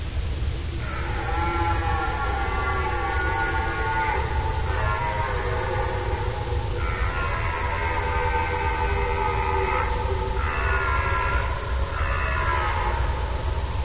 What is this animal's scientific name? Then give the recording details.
Cervus elaphus. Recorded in the wild. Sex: male. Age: adult. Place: Groß Schönebeck, Schorfheide, Brandenburg, DE. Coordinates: 52.9342, 13.5325. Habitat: coniferous forest. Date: 1996-09-23 20:55. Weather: ca. 10°C, light winds. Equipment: Sony TCD-D3, Sennheiser MKH 70, Windkorb. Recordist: Frommolt, Karl-Heinz. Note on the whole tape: ca. 1 km nördlich Groß-Schönebeck (Kiefernwald mit Lichtungen): Hirschbrunft, Rufe von drei verschiedenen Männchen und Geräusche beim Kampf (Geweihschlagen), Tiere nicht gesehen. Entfernung ca. 300-400 m. Aufnahme mit einer Unterbrechung